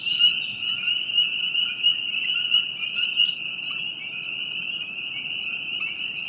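Dense chorus of frogs giving a steady shrill trill, with occasional higher chirps in the first half.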